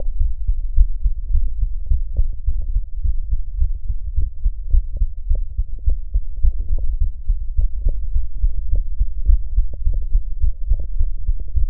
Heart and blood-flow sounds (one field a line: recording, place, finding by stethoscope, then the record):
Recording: heart sounds by stethoscope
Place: tricuspid valve (TV)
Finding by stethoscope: normal heart sounds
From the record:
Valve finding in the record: normal valve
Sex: male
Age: 53 years